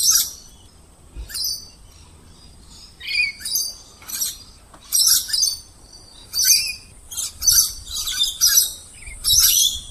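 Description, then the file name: Lorikeet calls: irregular harsh, high screeches and squeals, given singly and in short clusters about once a second. "Лори -Лорикет -Попугай -Голоса-птиц"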